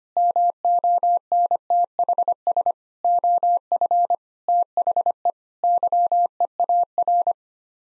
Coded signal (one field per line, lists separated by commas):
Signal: Morse code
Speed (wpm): 25 wpm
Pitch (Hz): 700 Hz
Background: none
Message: MONTHS OF THE YEAR